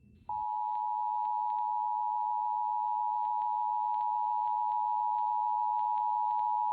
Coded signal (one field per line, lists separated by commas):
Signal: Emergency Alert System (SAME) tones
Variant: 853 and 960 Hz attention tone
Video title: Pity Party - My Submission to the 2023 Fall Brawl Competition - An EAS scenario